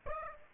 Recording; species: mosquito wingbeat signal from an infrared sensor; Aedes aegypti